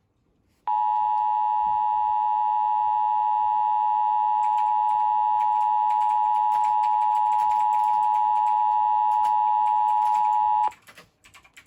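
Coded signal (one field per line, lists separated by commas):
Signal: Emergency Alert System (SAME) tones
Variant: 853 and 960 Hz attention tone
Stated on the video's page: Severe thunderstorm warning alert, loud and distorted, with the receiver cutting out several times; the dropouts are not from the TFT equipment.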